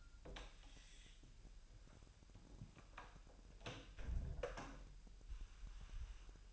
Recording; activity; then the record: daily activity, microphone in the room; close door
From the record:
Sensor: 2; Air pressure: 1001.1 hPa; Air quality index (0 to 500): 249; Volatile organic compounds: 96 ppm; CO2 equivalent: 3729 ppm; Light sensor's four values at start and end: 10/23/9/9 and 9/23/9/9